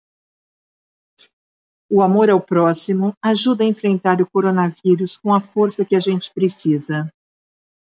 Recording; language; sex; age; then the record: spoken sentence; Brazilian Portuguese; female; 50 to 59 years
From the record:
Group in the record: control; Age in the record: 55 years